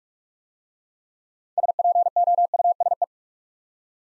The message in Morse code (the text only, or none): SPOUSE